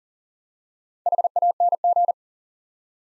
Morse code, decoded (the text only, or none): HANG